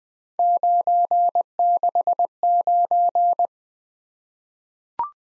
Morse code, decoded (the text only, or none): 969